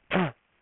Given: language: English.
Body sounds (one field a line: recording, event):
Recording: throat vibration sensor signal played as sound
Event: throat clearing